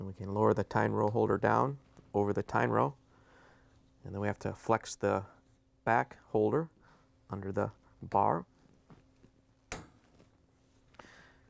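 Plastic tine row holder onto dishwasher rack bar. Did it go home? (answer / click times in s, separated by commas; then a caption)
yes / 9.7 s. Someone talks while a plastic tine row holder is fitted onto the metal bar of a Frigidaire/Electrolux dishwasher rack (part 154428404), with the back of the holder flexed under the bar. A sharp snap at 9.7 s marks the holder seating in place, followed by a few faint ticks.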